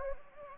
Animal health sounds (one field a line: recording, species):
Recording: mosquito wingbeat signal from an infrared sensor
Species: Anopheles gambiae